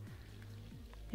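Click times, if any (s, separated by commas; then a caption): none. A hand tries to close the broken metal clasp on the lid of a small painted wooden decorative box in a thrift store, producing only faint handling taps around 0.4, 0.9 and 1.2 seconds over steady background music. The clasp is broken and does not latch, so nothing has clicked or caught.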